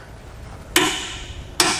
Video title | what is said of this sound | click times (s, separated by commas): etrailer - 2021 Ford Bronco Draw-Tite Max-Frame Trailer Hitch Receiver: Complete Installation | now that you're nearing the end of it you just kind of want to listen for some clicks from your torque wrench to let you know that you're down to those specifications | 0.8 s, 1.6 s